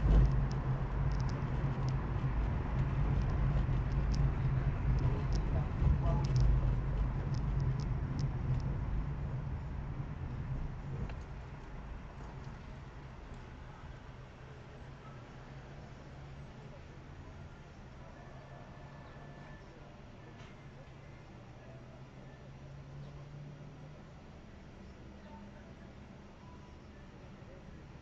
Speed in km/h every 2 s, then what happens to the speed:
40, 38, 32, 31, 28, 16, 6, 4, 0, 0, 0, 0, 0, 0.
0-15 slows to 0. 15-28 standing.